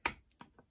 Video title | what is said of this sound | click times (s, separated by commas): [Assembly Guide]~ Balls of Fury | kind of hear it clicking in place if | 0.1 s, 0.3 s, 0.4 s, 0.6 s